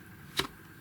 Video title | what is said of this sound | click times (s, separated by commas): GHD Air 1.0 & Helios HE001 Hairdryer Air Filter Care | twist it clockwise and that will lock into place and you'll notice now that the logo is correct | 0.4 s